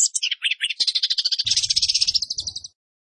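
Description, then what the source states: Orange-headed thrush song: a few varied whistled notes running into a rapid, even buzzy trill that stops abruptly, with a faint low rumble underneath. Masteran recording for training cage birds; song style called roll speed; clear voice.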